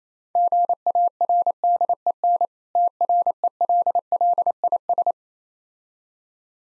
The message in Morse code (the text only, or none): GARDEN TRELLIS